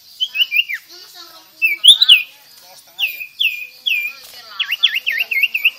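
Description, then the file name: Sirtu song: high, thin whistled phrases with quick downslurred and upswept notes, ending in a rapid series of bouncy V-shaped chirps. Vigorous singing style called gacor. "Suara Burung Sirtu Auto Gacor"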